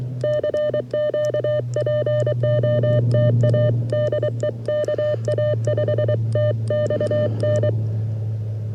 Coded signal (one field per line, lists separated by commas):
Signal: Morse code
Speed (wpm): 23 wpm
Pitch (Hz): 600 Hz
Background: none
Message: CQ POTA DE KA5TXN